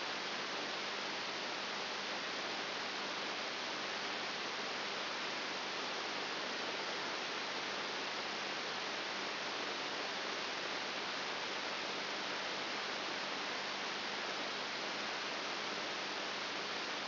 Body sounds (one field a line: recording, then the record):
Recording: brain microelectrode recording played as sound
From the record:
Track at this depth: inside the subthalamic nucleus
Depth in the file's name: 5.5 mm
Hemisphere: right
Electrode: 3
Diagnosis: Parkinson's disease